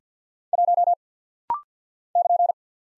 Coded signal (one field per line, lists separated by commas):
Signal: Morse code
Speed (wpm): 50 wpm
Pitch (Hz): 700 Hz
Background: none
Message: 1 <KN>